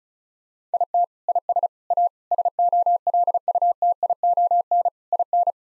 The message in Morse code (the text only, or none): IT IS A SOLUTION IN